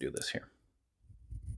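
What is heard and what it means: Someone talks while handling the Gerber Keynote keychain pocket tool with its liner lock disengaged to close the metal blade into the handle. The talking gives way to near silence, then low handling rustle near the end. Nothing has seated or clicked yet; the blade has not closed home.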